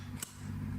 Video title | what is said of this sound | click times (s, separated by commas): Unboxing and Full Assembly - EGO Power+ MHC1502 Multi Combo Kit | and then we're going to hear it snap into place | 0.2 s